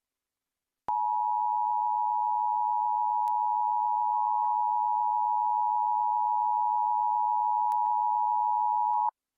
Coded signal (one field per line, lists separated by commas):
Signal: Emergency Alert System (SAME) tones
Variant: 853 and 960 Hz attention tone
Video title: 2023 NATIONAL PERIODIC EAS TEST